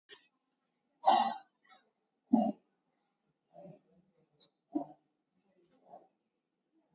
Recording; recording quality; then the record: deep breathing; excellent, no background noise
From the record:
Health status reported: COVID-19 positive, no symptoms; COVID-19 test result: positive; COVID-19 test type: RT-PCR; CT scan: not taken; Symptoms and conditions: none ticked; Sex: female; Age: 34 years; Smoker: no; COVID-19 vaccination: none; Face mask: worn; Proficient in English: yes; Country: India